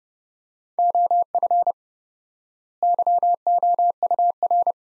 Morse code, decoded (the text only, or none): OF YOUR